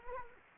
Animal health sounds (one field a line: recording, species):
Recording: mosquito wingbeat signal from an infrared sensor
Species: Anopheles arabiensis